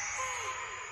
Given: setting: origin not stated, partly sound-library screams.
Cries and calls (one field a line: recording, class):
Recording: one-second piece from a danger detection set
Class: woman in danger